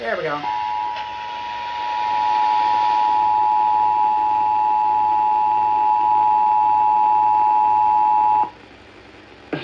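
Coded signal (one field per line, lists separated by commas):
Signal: Emergency Alert System (SAME) tones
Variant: 853 and 960 Hz attention tone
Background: speech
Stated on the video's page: AMBER Alert SAME tones received on nine stations.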